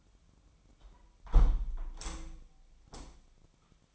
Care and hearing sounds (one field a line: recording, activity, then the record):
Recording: daily activity, microphone in the room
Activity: close window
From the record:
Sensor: 1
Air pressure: 1006.5 hPa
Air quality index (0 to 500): 208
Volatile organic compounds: 24 ppm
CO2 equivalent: 2802 ppm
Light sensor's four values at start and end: 12/31/12/14 and 11/30/11/13